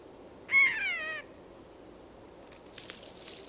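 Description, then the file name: Eurasian jay giving one short mewing note that slides downward. Faint rustling follows in a quiet background. "Garrulus glandarius"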